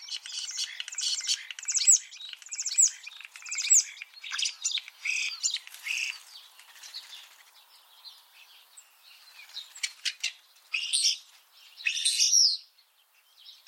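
Common starling chatter: rapid rattling, buzzy phrases at the start, then quieter clicks and a few harsh squeaky bursts toward the end.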